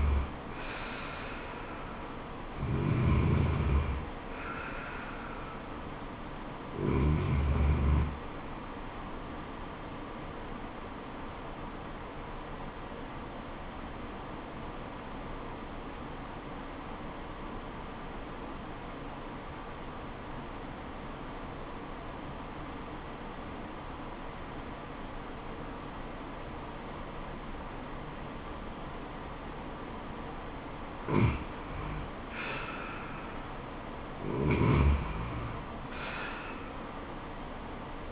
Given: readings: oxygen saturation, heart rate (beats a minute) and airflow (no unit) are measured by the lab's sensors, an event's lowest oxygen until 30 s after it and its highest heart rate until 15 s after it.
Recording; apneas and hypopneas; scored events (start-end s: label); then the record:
breathing in sleep by a voice recorder at the bedside; 1
15.00-32.40 s: obstructive apnea (REM, oxygen 97% highest, then 86% lowest, heart rate 78 at the start, 78 highest)
From the record:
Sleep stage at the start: REM sleep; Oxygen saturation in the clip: 84 to 97%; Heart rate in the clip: 69 to 79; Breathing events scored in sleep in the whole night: 426 in 7.4 hours asleep